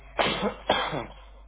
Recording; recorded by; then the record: voluntary cough; telephone call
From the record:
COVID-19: positive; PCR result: checked with the laboratory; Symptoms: no